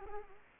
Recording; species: mosquito wingbeat signal from an infrared sensor; Anopheles arabiensis